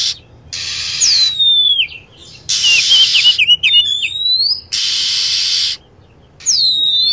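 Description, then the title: Lovebird calls: high, sharply descending whistles and wavering squeaky notes, set against long blocks of loud, broad hiss. Lure sound used to attract lovebirds. "PIKAT BURUNG LOVEBIRD"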